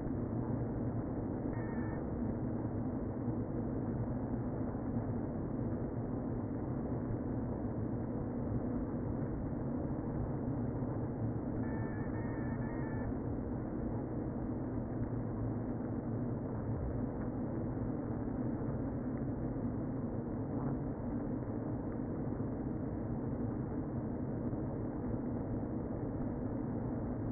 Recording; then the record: honeybee colony, microphone inside the hive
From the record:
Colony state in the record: queen present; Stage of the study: before two queens were removed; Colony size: about 60,000 bees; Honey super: yes